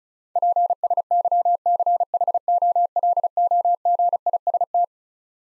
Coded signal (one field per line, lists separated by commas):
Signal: Morse code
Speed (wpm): 36 wpm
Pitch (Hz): 700 Hz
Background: none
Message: PSYCHOLOGIST